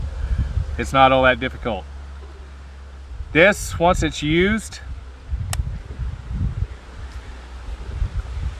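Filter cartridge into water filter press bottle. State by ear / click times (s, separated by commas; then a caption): seated / 5.5 s. Someone talks while a used filter cartridge is screwed back into a Grayl Ultralight water filter press bottle, over a steady low rumble. A single sharp, fast-decaying snap at 5.5 s confirms that the cartridge has seated.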